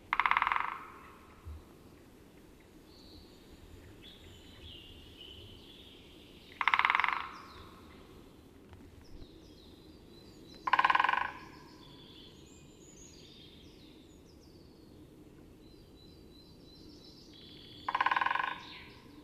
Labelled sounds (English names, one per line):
Great Spotted Woodpecker drumming